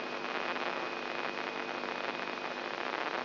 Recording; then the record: brain microelectrode recording played as sound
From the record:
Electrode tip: inside the subthalamic nucleus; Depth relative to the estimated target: 1 mm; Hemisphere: left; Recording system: AlphaMap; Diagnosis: Parkinson's disease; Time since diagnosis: 11 years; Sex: male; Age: 67 years